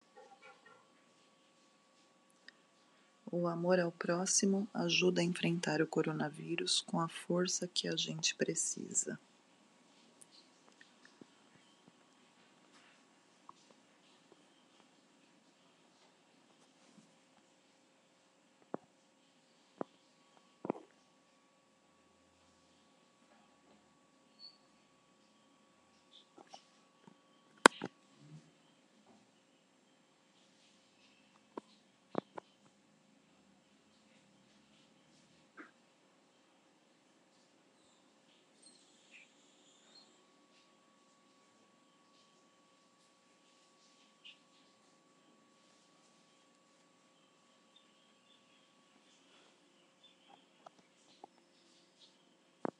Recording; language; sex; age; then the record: spoken sentence; Brazilian Portuguese; female; 50 to 59 years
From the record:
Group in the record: control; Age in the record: 51 years